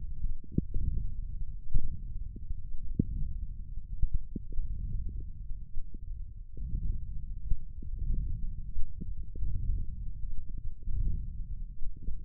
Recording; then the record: forearm muscle sounds (acoustic myography)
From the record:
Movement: wrist flexion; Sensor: system 1, eight BSWA MPA416 microphones around the upper forearm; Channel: 2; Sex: male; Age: 21 years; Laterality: right